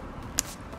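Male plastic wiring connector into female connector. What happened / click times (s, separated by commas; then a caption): The plastic connector halves latched together with a click / 0.4 s. A finished male plastic wiring harness connector, made for a second boot light on a Focus RS, is test-fitted into its female connector. It latches with a single sharp click at 0.4 s over a low, steady background hum, and the connectors are seated together.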